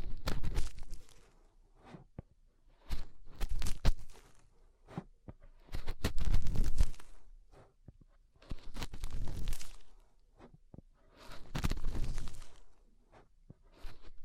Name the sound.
Inner Ear Cleaning Using Fingers